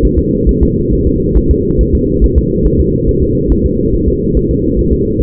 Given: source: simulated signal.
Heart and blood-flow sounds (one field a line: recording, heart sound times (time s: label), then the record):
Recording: fetal heart sounds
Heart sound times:
0.05 s: S1
0.19 s: S2
0.49 s: S1
0.63 s: S2
0.93 s: S1
1.07 s: S2
1.37 s: S1
1.51 s: S2
1.81 s: S1
1.95 s: S2
2.24 s: S1
2.38 s: S2
2.67 s: S1
2.81 s: S2
3.09 s: S1
3.23 s: S2
3.52 s: S1
3.66 s: S2
3.94 s: S1
4.08 s: S2
4.37 s: S1
4.51 s: S2
4.79 s: S1
4.93 s: S2
5.21 s: S1
From the record:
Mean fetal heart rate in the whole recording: 140 bpm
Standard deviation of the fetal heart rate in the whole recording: 2 bpm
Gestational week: 34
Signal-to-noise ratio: -14.7 dB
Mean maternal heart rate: 72 bpm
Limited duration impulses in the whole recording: present